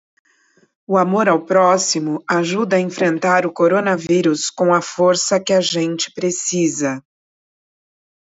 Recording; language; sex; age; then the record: spoken sentence; Brazilian Portuguese; female; 50 to 59 years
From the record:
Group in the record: control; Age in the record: 53 years